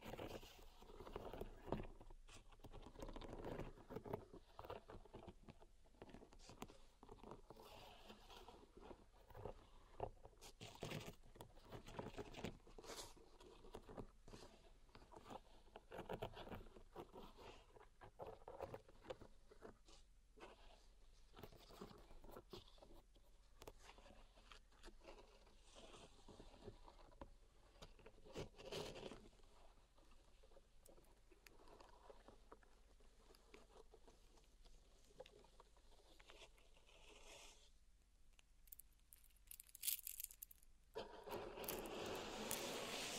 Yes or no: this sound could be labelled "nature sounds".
no